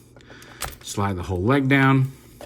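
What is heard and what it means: Someone talks while sliding the whole plastic leg section down along the leg of a Fans Hobby MB-22 Sky Flame toy to extend it for combined mode, with a few faint handling taps and rubs around the speech. The leg has not slid back in or locked into place yet; nothing has seated or clicked.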